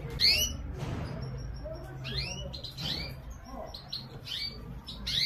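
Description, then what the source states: Canary giving quick rising chirps scattered throughout, with a whooshing rustle early on and a low hum beneath. Female.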